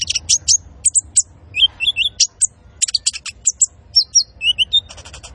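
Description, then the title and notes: Van Hasselt's sunbird song: a fast jumble of sharp high chips and short whistled slurs, some dipping lower, in quick succession. Masteran recording of a gacor, full-singing bird with fill notes and shots, meant for training cage birds and as a lure. "MASTERAN KOLIBRI NINJA TERBAIK FULL ISIAN DAN TEMBAKAN MEWAH COCOK BUAT PANCINGAN. Suara Burung Kolibri Ninja Gacor"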